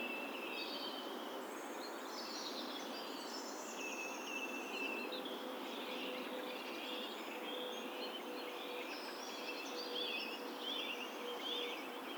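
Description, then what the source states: Several birds singing, overlapping chirpy phrases and warbles throughout, with a faint steady hum and hissing background. Rural setting.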